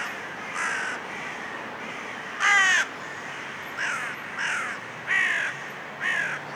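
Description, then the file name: Carrion crow giving several spaced harsh caws over a few seconds, one louder and harsher than the rest, against a steady background hiss. "Corvus corone"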